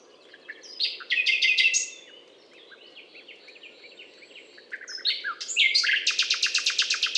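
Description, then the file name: Common nightingale singing a buzzy phrase, a quieter, jumbled middle section, then a fast, loud rattle of repeated notes, all over a persistent low hum. Butte calcaire de Gratacap, France; 19 May 2012. "rossignol philomele Butte calcaire de Gratacap"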